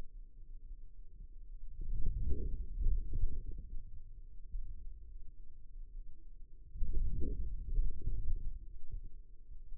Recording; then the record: forearm muscle sounds (acoustic myography)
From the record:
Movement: outward rotation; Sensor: system 2, bracelet of six BSWA MPA416 microphones around the upper forearm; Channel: 4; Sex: male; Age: 22 years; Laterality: right